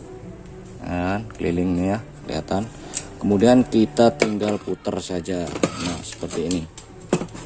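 Someone talks while handling the metal lid of a Presto Happy Call 8-liter pressure cooker, which has been pressed fully down onto its pot and is being twisted toward its locked position. Speech fills most of the clip, with light handling noises. Nothing has seated or clicked yet.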